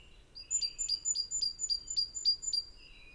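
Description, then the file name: Great tit giving a steady run of about eight thin, high notes with quick downward strokes, alongside fainter, lower thin tones at the start and end. "Parus major"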